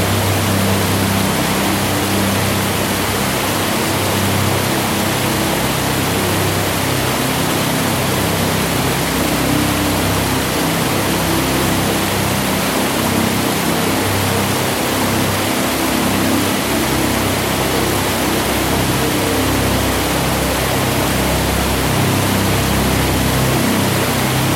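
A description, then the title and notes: A dense, unchanging noise wall drone built from nature recordings, a steady rushing hiss like pink noise with a faint low hum beneath. Noise wall drone I created using various field recordings of nature, that I made over the last few years.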